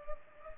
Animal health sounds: mosquito wingbeat signal from an infrared sensor; Culex pipiens

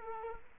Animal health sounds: mosquito wingbeat signal from an infrared sensor; Culex quinquefasciatus

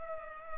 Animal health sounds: mosquito wingbeat signal from an infrared sensor; Culex pipiens

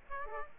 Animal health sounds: mosquito wingbeat signal from an infrared sensor; Aedes aegypti

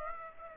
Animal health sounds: mosquito wingbeat signal from an infrared sensor; Aedes aegypti

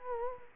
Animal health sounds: mosquito wingbeat signal from an infrared sensor; Culex quinquefasciatus

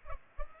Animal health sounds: mosquito wingbeat signal from an infrared sensor; Culex pipiens

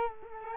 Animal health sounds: mosquito wingbeat signal from an infrared sensor; Culex quinquefasciatus

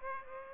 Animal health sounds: mosquito wingbeat signal from an infrared sensor; Aedes aegypti

